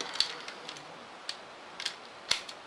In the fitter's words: locks together like that right there then